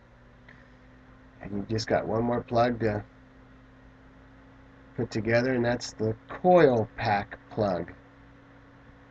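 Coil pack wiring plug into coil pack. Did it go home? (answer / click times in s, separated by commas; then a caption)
no / none. Someone talks over a steady low hum while the coil pack wiring plug is handled before being pushed onto the coil pack of a V8 engine in a 2001 Ford E250/F250 van truck, during a coil pack install to fix misfires. Nothing has seated or clicked yet; the clip ends before the plug goes home.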